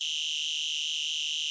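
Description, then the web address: Insect chirp: a steady, high, rapidly pulsing buzzy trill held evenly for the whole sound, with no other sounds. "Blast Wave Update 2 Insect Voice Chirp"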